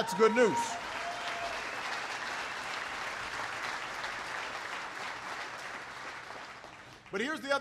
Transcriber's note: applause